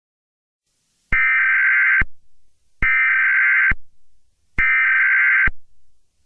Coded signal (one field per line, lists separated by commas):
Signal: Emergency Alert System (SAME) tones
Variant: header bursts